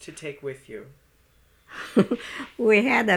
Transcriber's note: she laughs